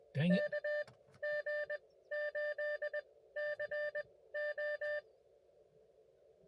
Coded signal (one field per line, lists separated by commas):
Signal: Morse code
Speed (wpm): 17 wpm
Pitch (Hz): 590 Hz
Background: speech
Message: KG8CO